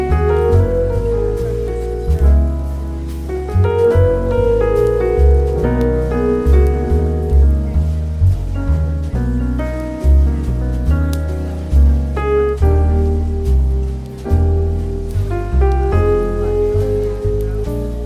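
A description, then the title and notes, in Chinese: Relaxed jazz plays steadily, with a warm walking bass, soft sustained chords and a gentle regular pulse, plus faint patter in the background. 咖啡馆氛围与轻松舒缓的爵士音乐。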